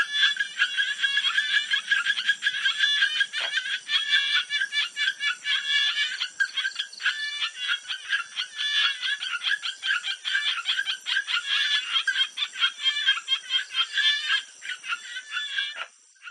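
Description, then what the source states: Frogs calling in a dense chorus of rapid, overlapping pulsed croaks and chatters, continuous throughout, with a steady high hiss above. Frogs giving mating calls at a jungle pond at night in Thailand.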